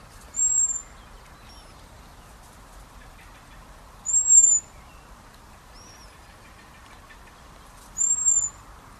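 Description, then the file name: Common blackbird giving thin, very high drawn-out whistles, each under half a second, about four seconds apart, with a shorter, fainter whistle after the second. "Turdus merula"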